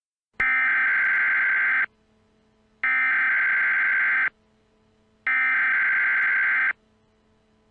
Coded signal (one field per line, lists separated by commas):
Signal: Emergency Alert System (SAME) tones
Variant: header bursts